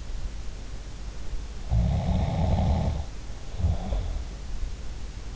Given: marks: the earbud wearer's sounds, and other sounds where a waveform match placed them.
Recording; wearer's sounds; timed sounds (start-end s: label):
sounds in sleep by an in-ear microphone; snoring breath
1.63-4.55 s: snoring breath